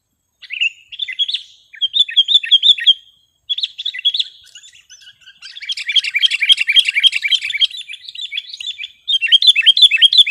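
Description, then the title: Sooty-headed bulbul song opens with spaced chirpy phrases, then builds into long, rapid chattering runs. "kutilang"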